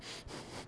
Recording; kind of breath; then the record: one breath in and out by a microphone near the nose and mouth; strong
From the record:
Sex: male